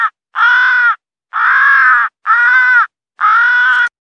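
Crow giving four long, rasping caws about a second apart, each flat and harsh, against silence.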